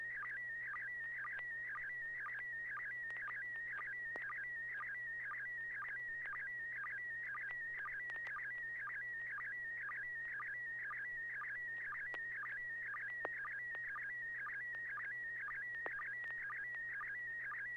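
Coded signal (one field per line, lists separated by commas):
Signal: SSTV (slow-scan television)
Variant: PD120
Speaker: okay let's give it a try Piggy 120.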